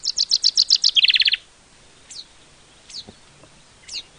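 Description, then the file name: Common chaffinch song ending: a quick series of bright repeated notes dropping into a lower rattling run, followed by a few thin, faint downslurred calls. "Fringilla coelebs"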